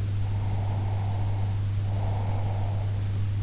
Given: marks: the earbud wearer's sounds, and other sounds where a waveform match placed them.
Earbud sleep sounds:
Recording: sounds in sleep by an in-ear microphone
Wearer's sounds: breath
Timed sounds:
0.28-3.03 s: breath

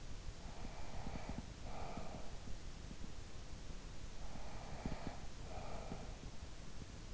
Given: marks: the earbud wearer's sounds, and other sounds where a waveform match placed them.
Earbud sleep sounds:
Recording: sounds in sleep by an in-ear microphone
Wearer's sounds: breath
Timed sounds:
0.01-3.21 s: breath
3.87-7.13 s: breath

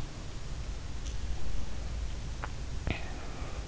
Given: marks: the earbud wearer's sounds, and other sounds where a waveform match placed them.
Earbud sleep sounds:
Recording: sounds in sleep by an in-ear microphone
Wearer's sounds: teeth grinding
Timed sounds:
2.29-3.07 s: teeth grinding

